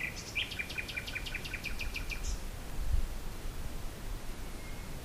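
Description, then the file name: Common nightingale song phrase: a rapid run of repeated clicking and chirping notes lasting about two seconds, followed by quiet with steady low background noise. "usignolo"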